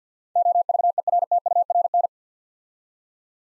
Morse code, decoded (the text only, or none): OVERTURN